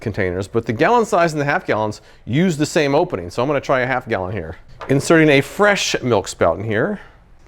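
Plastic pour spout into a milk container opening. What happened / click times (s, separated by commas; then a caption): No seating click yet; the spout is not heard snapping home / none. Someone talks while starting to insert a fresh plastic pour spout into the opening of a half-gallon milk container. The spout is only being handled, and nothing has seated or clicked yet.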